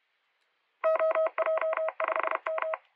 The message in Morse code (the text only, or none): OJ5M